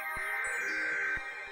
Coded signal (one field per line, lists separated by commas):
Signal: Emergency Alert System (SAME) tones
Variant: header bursts